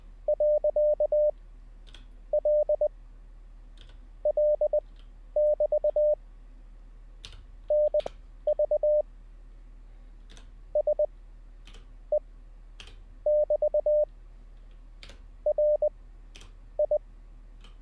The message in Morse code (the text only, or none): .LL<BT>NVSE<BT>RI